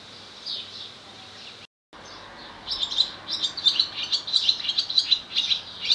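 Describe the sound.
Swallow twittering, quiet and thin at first, then a lively run of sharp high chirps from about the third second onward.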